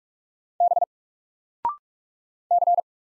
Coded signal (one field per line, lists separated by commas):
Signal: Morse code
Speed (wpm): 47 wpm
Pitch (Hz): 700 Hz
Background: none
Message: B C